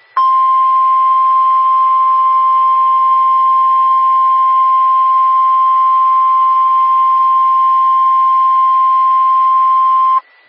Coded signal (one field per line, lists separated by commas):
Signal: Emergency Alert System (SAME) tones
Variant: 1050 Hz attention tone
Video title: NOAA Weather Radio - EAS #524 - Test Tornado Warning - 3/20/14 10:18 AM